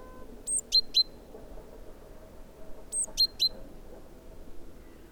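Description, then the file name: Great tit giving short sharp calls: a high note followed by two clipped ticks, the trio heard twice, over quiet low noise. "Parus major"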